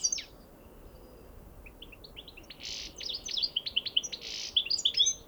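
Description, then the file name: European goldfinch giving a rapid run of high tinkling twitters with two harsh, wheezy buzzes and sharp chirps, quiet at first then busier toward the end. "Carduelis carduelis"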